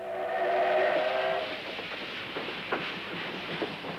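A steam whistle on a passenger train sounds a sustained, harmonic tone for about a second and a half, then fades into the rumble and clatter of the moving train with scattered knocks.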